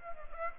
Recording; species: mosquito wingbeat signal from an infrared sensor; Aedes aegypti